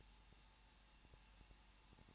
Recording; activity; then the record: daily activity, microphone in the room; no activity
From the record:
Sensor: 1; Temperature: 20.1 degrees Celsius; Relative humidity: 39.1%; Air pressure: 1006.5 hPa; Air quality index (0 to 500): 216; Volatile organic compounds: 73 ppm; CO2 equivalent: 3545 ppm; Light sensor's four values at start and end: 1/2/1/1 and 1/2/1/1